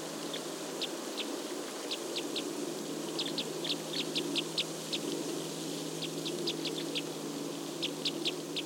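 Red crossbill calls: sharp, clipped kip notes given singly and in quick clusters of two to four, scattered throughout over a steady low hum.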